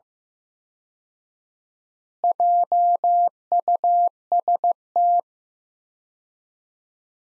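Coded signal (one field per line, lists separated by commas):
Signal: Morse code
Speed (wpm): 15 wpm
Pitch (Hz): 700 Hz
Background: none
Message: JUST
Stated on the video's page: Practice sentences from the top 200 words at 15 wpm with 4x word spacing, a word-based analogue of Farnsworth spacing.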